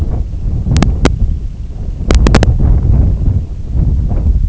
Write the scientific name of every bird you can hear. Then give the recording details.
Calidris pusilla. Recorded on Arctic tundra, site IGLO-D, on 23 June 2018. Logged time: 20:00